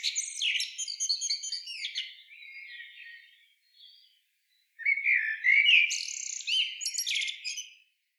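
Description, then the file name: Common blackbird song: two warbled phrases of mellow, fluty notes sliding around a middle pitch and high squeaky twitters, separated by a short pause. "Turdus merula"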